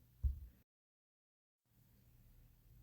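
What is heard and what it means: A teardrop gemstone is handled for a test fit against the woven copper wire border frame of a pendant; a low thump around 0.3 s is followed by a stretch of silence and then faint low handling noise. Nothing has seated or clicked yet, and the clip ends before the stone snaps into place.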